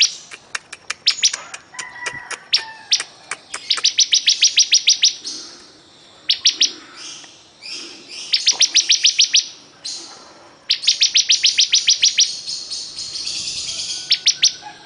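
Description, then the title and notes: Bar-winged prinia song: fast trains of sharp, high, evenly spaced chips, with short pauses and scattered single squeaky notes between. Singing gacor (energetically, in full song). "Suara Burung Ciblek Gacor"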